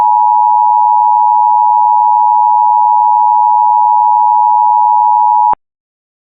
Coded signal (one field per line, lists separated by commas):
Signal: Emergency Alert System (SAME) tones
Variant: 853 and 960 Hz attention tone